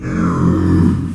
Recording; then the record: squeal of a Yucatan mini pig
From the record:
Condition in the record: after surgery on the right vocal fold (resection and tissue-engineered implant); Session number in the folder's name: 12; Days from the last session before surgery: 105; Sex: female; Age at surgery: 19 weeks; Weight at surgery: 25 kg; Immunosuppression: prednisolone